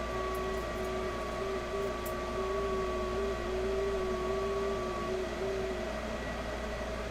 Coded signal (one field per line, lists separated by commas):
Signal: FT8